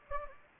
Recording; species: mosquito wingbeat signal from an infrared sensor; Anopheles gambiae